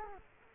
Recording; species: mosquito wingbeat signal from an infrared sensor; Culex quinquefasciatus